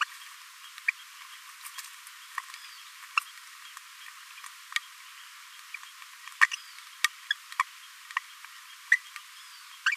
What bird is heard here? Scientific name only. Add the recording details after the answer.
Forpus passerinus. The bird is a male. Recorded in a nest box in Venezuela. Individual 17B42A3